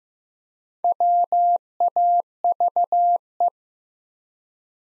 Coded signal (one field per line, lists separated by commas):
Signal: Morse code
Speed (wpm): 15 wpm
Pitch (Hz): 700 Hz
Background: none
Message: WAVE